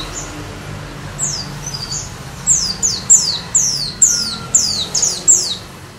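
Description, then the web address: White-eye song: a string of high, sharply falling whistled notes, growing louder midway, over a low steady hum. White-eye song filled with canary-style phrases (isian kenari), used as a master recording for training birds. "audio pleci-isian-kenari. masteran pleci"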